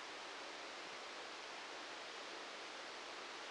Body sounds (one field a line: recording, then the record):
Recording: brain microelectrode recording played as sound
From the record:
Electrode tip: outside the subthalamic nucleus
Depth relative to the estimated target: -8 mm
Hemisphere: left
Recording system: NeuroSet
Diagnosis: Parkinson's disease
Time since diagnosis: 15 years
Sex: male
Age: 65 years